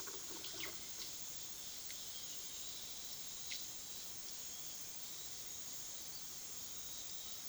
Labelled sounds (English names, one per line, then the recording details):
none
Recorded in pastures near Puerto Asís, Putumayo, Colombia, on 21 February 2024 at 18:00
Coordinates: 0.497, -76.327
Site G7276